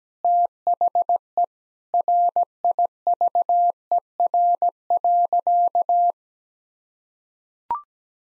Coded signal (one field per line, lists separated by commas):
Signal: Morse code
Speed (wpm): 17 wpm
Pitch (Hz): 700 Hz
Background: none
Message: THE RIVER.